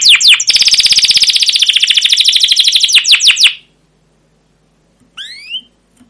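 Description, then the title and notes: Canary song: a long, fast rolling trill of downswept notes, a pause, then one rising whistled sweep. Long, lively canary song with 'cuit cuit' chirps and rolls ('ngerol'), used as a lure (pancingan) and tutor recording (masteran) for young canaries learning to sing. "CUIT CUIT NGEROL LANGSUNG GACOR PANJANG Kenari Ini AMPUH Utk Pancingan KENAR. PANCINGAN Kenari GACOR PANJANG Cuit CUIT EMOSI ini AMPUH utk MASTERAN Kenari PAUD belajar BUNYI. burung kenari"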